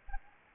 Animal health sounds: mosquito wingbeat signal from an infrared sensor; Aedes albopictus

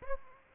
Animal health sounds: mosquito wingbeat signal from an infrared sensor; Aedes aegypti

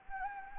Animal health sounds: mosquito wingbeat signal from an infrared sensor; Anopheles gambiae

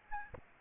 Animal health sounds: mosquito wingbeat signal from an infrared sensor; Aedes albopictus

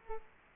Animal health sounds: mosquito wingbeat signal from an infrared sensor; Culex quinquefasciatus

